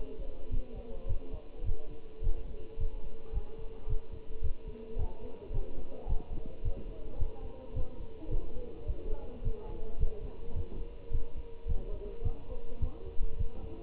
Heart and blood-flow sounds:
heart sounds by stethoscope; between the tricuspid and mitral areas; 107 bpm
0.52 s: heartbeat
1.09 s: heartbeat
1.66 s: heartbeat
2.23 s: heartbeat
2.80 s: heartbeat
3.34 s: heartbeat
3.89 s: heartbeat
4.43 s: heartbeat
4.98 s: heartbeat
5.53 s: heartbeat
6.09 s: heartbeat
6.64 s: heartbeat
7.20 s: heartbeat
7.75 s: heartbeat
8.31 s: heartbeat
8.88 s: heartbeat
9.44 s: heartbeat
10.00 s: heartbeat
10.56 s: heartbeat
11.12 s: heartbeat
11.68 s: heartbeat
12.24 s: heartbeat
12.81 s: heartbeat
13.39 s: heartbeat
From the record:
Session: Bruce protocol treadmill stress test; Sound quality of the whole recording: good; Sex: male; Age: 25 years

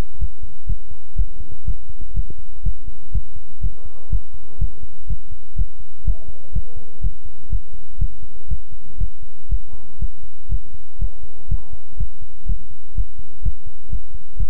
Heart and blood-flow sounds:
heart sounds by stethoscope; between the tricuspid and mitral areas; 123 bpm
0.19 s: heartbeat
0.66 s: heartbeat
1.16 s: heartbeat
1.65 s: heartbeat
2.14 s: heartbeat
2.63 s: heartbeat
3.12 s: heartbeat
3.61 s: heartbeat
4.10 s: heartbeat
4.59 s: heartbeat
5.07 s: heartbeat
5.56 s: heartbeat
6.04 s: heartbeat
6.53 s: heartbeat
7.01 s: heartbeat
7.49 s: heartbeat
7.98 s: heartbeat
8.48 s: heartbeat
8.98 s: heartbeat
9.49 s: heartbeat
9.99 s: heartbeat
10.49 s: heartbeat
10.99 s: heartbeat
11.48 s: heartbeat
11.97 s: heartbeat
12.46 s: heartbeat
12.95 s: heartbeat
13.42 s: heartbeat
13.90 s: heartbeat
14.37 s: heartbeat
From the record:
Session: pedaling a stationary bicycle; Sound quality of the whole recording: good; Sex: male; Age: 24 years

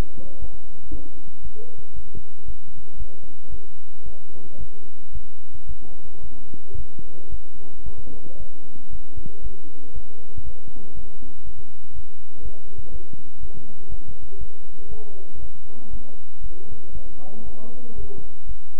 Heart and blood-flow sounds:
heart sounds by stethoscope; between the tricuspid and mitral areas; 116 bpm
0.40 s: heartbeat
0.91 s: heartbeat
1.43 s: heartbeat
1.94 s: heartbeat
2.46 s: heartbeat
2.98 s: heartbeat
3.50 s: heartbeat
4.04 s: heartbeat
4.59 s: heartbeat
5.13 s: heartbeat
5.67 s: heartbeat
6.22 s: heartbeat
6.76 s: heartbeat
7.30 s: heartbeat
7.84 s: heartbeat
8.38 s: heartbeat
8.91 s: heartbeat
9.42 s: heartbeat
9.94 s: heartbeat
10.45 s: heartbeat
10.95 s: heartbeat
11.45 s: heartbeat
11.94 s: heartbeat
12.43 s: heartbeat
12.92 s: heartbeat
13.41 s: heartbeat
13.89 s: heartbeat
14.39 s: heartbeat
14.89 s: heartbeat
15.40 s: heartbeat
15.91 s: heartbeat
16.41 s: heartbeat
16.93 s: heartbeat
17.44 s: heartbeat
17.96 s: heartbeat
18.47 s: heartbeat
From the record:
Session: bicycle stress test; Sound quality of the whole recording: good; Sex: male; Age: 23 years

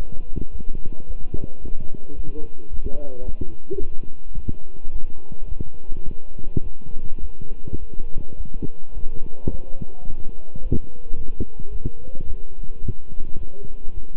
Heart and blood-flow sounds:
heart sounds by stethoscope; between the tricuspid and mitral areas; 107 bpm
0.50 s: heartbeat
1.05 s: heartbeat
1.60 s: heartbeat
2.14 s: heartbeat
2.69 s: heartbeat
3.23 s: heartbeat
3.78 s: heartbeat
4.33 s: heartbeat
4.90 s: heartbeat
5.46 s: heartbeat
6.03 s: heartbeat
6.61 s: heartbeat
7.19 s: heartbeat
7.77 s: heartbeat
8.35 s: heartbeat
8.92 s: heartbeat
9.49 s: heartbeat
10.05 s: heartbeat
10.61 s: heartbeat
11.16 s: heartbeat
11.70 s: heartbeat
12.25 s: heartbeat
12.80 s: heartbeat
13.36 s: heartbeat
13.92 s: heartbeat
From the record:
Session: walking at 3.7 km/h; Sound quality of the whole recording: good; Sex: male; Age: 26 years

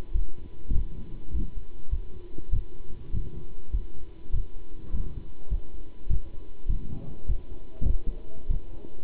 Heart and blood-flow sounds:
heart sounds by stethoscope; between the tricuspid and mitral areas; 101 bpm
0.15 s: heartbeat
0.75 s: heartbeat
1.34 s: heartbeat
1.92 s: heartbeat
2.52 s: heartbeat
3.14 s: heartbeat
3.73 s: heartbeat
4.34 s: heartbeat
4.94 s: heartbeat
5.51 s: heartbeat
6.10 s: heartbeat
6.69 s: heartbeat
7.28 s: heartbeat
7.89 s: heartbeat
8.50 s: heartbeat
From the record:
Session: pedaling a stationary bicycle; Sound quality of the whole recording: good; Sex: male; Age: 27 years

